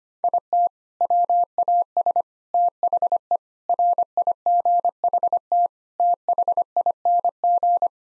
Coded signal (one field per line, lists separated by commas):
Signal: Morse code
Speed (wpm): 25 wpm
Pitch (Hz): 700 Hz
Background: none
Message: IT WAS THE RIGHT THING